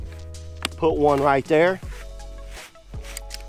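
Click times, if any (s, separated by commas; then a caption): none. A camping cot leg is being handled against the aluminium side rail lock; the leg has not popped into place yet, and nothing has seated or clicked. Someone talks over a steady tonal background, with brief sharp knocks near 0.7, 3.2 and 3.3 seconds.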